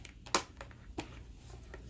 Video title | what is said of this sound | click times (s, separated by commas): Polygel Tutorial - Modelones Polygel Kit - Polygel Nails | hear that little click click that little magnet I love that we added that little extra step to the packaging oh | 0.4 s